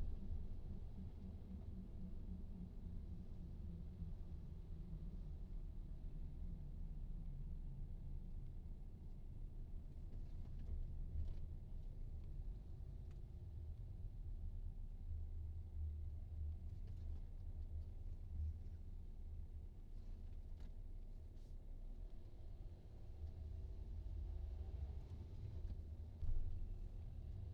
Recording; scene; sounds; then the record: everyday scene through a hearing-aid microphone; in a vehicle; engine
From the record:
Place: VW T5 Caravelle, diesel engine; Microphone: in the ear canal, right